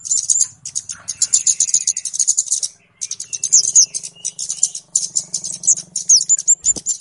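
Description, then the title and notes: Flowerpecker calls, dense high ticking and short slurred chips over a faint low hum, with a brief pause near the middle. Call recording of a flowerpecker, locally called kemade or cabe cabean, used as a lure (pikat) to attract birds. "Kicau Burung Kemade ( Cabe Cabean) Jernih. Suara Burung Cabe Cabean Pikat"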